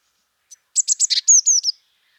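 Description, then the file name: Eurasian blue tit call: a faint note, then four sharp high notes, a buzzy lower note and three falling whistled slurs, lasting about one second. "Cyanistes caeruleus"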